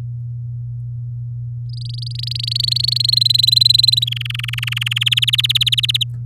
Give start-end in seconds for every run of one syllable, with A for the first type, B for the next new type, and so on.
1.70-2.98 A, 3.00-4.04 B, 4.07-5.04 C, 5.06-6.04 D